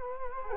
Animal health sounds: mosquito wingbeat signal from an infrared sensor; Culex quinquefasciatus

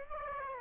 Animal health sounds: mosquito wingbeat signal from an infrared sensor; Aedes aegypti

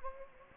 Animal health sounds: mosquito wingbeat signal from an infrared sensor; Anopheles gambiae

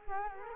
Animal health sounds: mosquito wingbeat signal from an infrared sensor; Culex quinquefasciatus

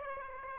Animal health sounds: mosquito wingbeat signal from an infrared sensor; Aedes aegypti

